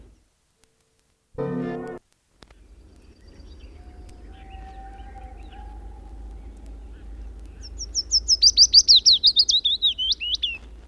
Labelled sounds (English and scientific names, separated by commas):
Willow Warbler (Phylloscopus trochilus) song